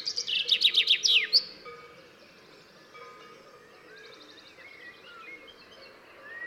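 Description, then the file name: Common chaffinch song of rapid descending notes ending in a flourish in the first second and a half, followed by faint chirps and whistles from other birds. "Fringilla coelebs"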